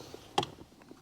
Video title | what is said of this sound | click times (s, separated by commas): BMW Paddle Shifters DIY Install (F90, G20, G30, G80, G82) | okay we just heard it click but | 0.4 s